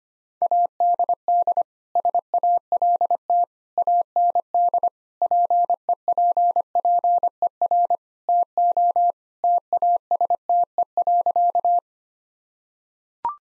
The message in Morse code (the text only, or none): ADD SALT AND PEPPER TO TASTE.